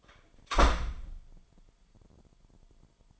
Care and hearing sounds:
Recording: daily activity, microphone in the room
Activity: close door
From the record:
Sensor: 5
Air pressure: 998.5 hPa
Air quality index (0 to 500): 81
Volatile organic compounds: 1 ppm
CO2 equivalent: 929 ppm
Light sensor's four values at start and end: 33/80/33/36 and 33/80/33/36

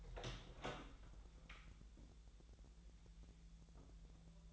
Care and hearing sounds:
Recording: daily activity, microphone in the room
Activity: open door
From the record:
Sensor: 3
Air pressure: 1001.4 hPa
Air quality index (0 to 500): 248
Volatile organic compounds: 144 ppm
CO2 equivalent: 3998 ppm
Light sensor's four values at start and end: 9/21/8/8 and 9/22/9/8

